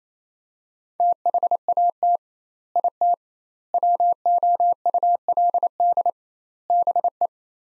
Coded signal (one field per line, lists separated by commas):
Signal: Morse code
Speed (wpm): 28 wpm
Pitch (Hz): 700 Hz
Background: none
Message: THAT IT WOULD BE